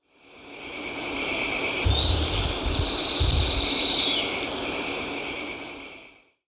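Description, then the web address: Black-streaked puffbird calling with a single long, thin whistle that climbs quickly and then stays high and slightly wavering, with a constant insect hum and faint low rumbling beneath. Ecuador. "Natures Songs S America Birds of Ecuador. Black-Streaked Puffbird"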